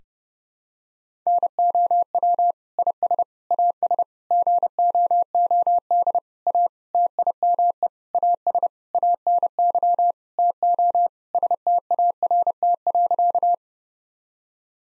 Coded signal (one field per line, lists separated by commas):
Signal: Morse code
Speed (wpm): 30 wpm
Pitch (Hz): 700 Hz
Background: none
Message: NOW IS AS GOOD A TIME AS ANY TO START.